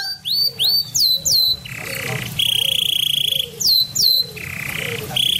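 Bird song mixing clear high downslurred whistles in quick pairs with long, flat, buzzy notes repeated between them.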